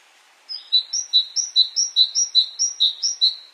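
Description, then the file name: Great tit song: clear high-low two-note phrases repeated steadily several times. "Canto do chapins real"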